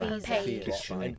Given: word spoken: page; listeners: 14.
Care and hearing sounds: one English word in noise, from a listening test; four-talker babble; 0.4 dB; 3 of 14; 7 of 14; 0.79 s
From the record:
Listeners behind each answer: 7, 3, 2, 1, 1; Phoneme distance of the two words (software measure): 10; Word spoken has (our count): 1 syllable, 3 phonemes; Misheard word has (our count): 1 syllable, 3 phonemes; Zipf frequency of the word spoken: 4.52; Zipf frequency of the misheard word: 5.18

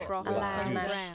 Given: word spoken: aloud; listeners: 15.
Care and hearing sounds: one English word in noise, from a listening test; four-talker babble; -2.6 dB; 0 of 15; 6 of 15; 0.75 s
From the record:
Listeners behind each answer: 6, 5, 2, 1, 1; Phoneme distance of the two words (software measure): 7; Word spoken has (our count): 2 syllables, 4 phonemes, stress on syllable 2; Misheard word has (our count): 2 syllables, 3 phonemes, stress on syllable 2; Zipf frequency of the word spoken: 3.58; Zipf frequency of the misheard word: 4.76

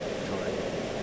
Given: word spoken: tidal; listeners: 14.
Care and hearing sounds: one English word in noise, from a listening test; speech-shaped noise; -6.8 dB; 0 of 14; 8 of 14; 0.63 s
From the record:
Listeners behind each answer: 8, 2, 2, 1, 1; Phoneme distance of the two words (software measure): 17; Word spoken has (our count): 2 syllables, 4 phonemes, stress on syllable 1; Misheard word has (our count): 1 syllable, 3 phonemes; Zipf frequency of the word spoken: 3.68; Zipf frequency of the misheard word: 6.35

